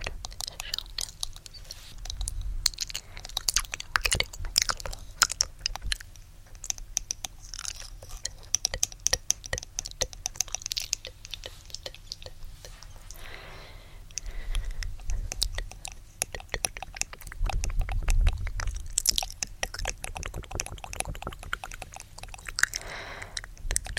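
Wet mouth sounds and soft clicks come in quick irregular bursts, crisp and bright. Short swells of low rumble, like breathy whispering or movement, rise around a few seconds, fifteen, and eighteen seconds.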